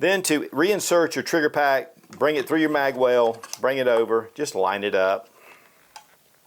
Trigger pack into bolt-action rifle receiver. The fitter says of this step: and it locks into place automatically just make sure it's all the way back there we go